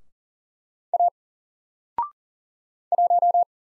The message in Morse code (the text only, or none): A 1